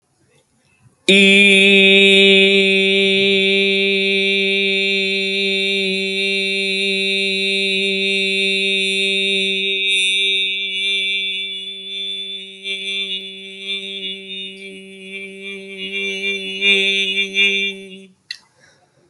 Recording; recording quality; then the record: sustained vowel as in beet; excellent, no background noise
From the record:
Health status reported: exposed to COVID-19, no respiratory illness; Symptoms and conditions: none ticked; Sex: male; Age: 26 years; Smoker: not ticked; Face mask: not worn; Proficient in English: yes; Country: India